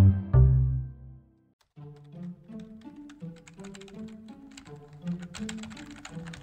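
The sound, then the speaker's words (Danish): Rapid, irregular clicking of computer keyboard typing as someone writes the final corrections to the week's editorial, a steady patter of light key taps layered over a soft melodic music bed that follows a deep opening chord. “Jeg sidder lige her og skriver de absolut sidste rettelser til ugens leder.”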